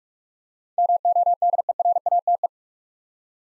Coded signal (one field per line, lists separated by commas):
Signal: Morse code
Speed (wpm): 44 wpm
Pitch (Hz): 700 Hz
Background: none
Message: MODERATE